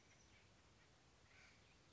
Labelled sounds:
Acorn Woodpecker (Melanerpes formicivorus)
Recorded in Sonoma County, California

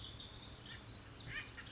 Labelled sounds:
Pacific Wren (Troglodytes pacificus)
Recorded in Sonoma County, California

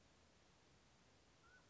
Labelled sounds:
Mountain Quail (Oreortyx pictus)
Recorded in Sonoma County, California

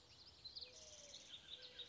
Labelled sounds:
Mourning Dove (Zenaida macroura)
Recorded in Sonoma County, California

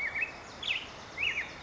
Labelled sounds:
Black-headed Grosbeak (Pheucticus melanocephalus)
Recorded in Sonoma County, California

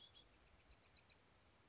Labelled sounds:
Bewick's Wren (Thryomanes bewickii)
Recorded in Sonoma County, California

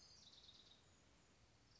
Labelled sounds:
Orange-crowned Warbler (Leiothlypis celata)
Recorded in Sonoma County, California

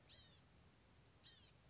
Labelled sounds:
Blue-gray Gnatcatcher (Polioptila caerulea)
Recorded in Sonoma County, California

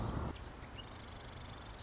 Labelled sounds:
Marsh Wren (Cistothorus palustris)
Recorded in Sonoma County, California

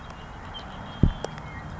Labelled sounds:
Red-winged Blackbird (Agelaius phoeniceus)
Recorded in Sonoma County, California

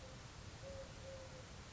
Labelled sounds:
Eurasian Collared Dove (Streptopelia decaocto)
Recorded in Sonoma County, California

